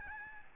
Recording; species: mosquito wingbeat signal from an infrared sensor; Aedes albopictus